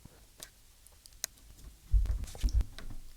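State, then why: Not seated. A back flex cable connector is being fitted onto the logic board socket of an iPhone 6S, heard as faint scattered ticks with one sharp tick near 1.2 s, then louder low handling rumble from about 1.9 s onward. Nothing has seated or clicked yet.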